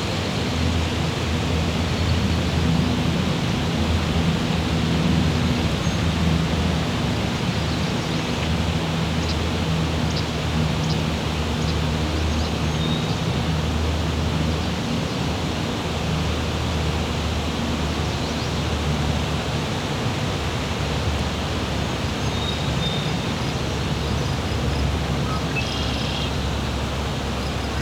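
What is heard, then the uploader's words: Wind blows steadily throughout, a dense, even rush with a low rumble underneath and faint humming tones. Crickets are barely evident; only a few brief high chirps and ticks surface, mostly in the first half and again near twenty-six seconds. Crickets in the Wind.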